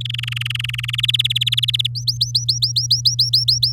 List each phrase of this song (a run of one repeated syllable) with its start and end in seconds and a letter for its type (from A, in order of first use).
0.01-1.01 A, 1.03-1.87 B, 1.95-3.72 C